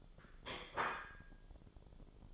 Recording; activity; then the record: daily activity, microphone in the room; place plate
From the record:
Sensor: 5